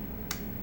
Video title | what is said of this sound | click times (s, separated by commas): Amazon mobile salon, Armaf Club de Nuit. Versace PH Dylan Blue | it doesn't click too hard into place so i wouldn't necessarily lift it from the top i'll tell you that much | 0.3 s